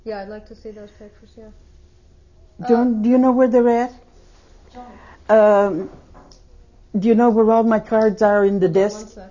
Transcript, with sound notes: I'd like to see those pictures, yeah.
Uh, do you know where they're at? (Other voices.) Uh, do you know where all my cards are in the desk?